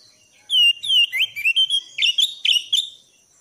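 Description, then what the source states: Thrush song: a quick run of descending and rising whistled notes and short trills. 'Anis' singing in the 'gacor teler' style, used as masteran for training caged songbirds.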